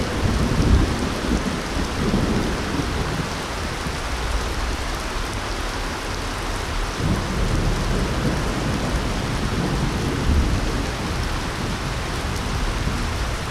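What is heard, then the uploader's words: Heavy rain pours down steadily at night, a dense, even hiss spread from low to bright with no breaks. Underneath, a deep rumble of thunder rolls and swells, strongest near the start and again around seven and ten seconds. Heavy Rain and Thunder Sound at Night.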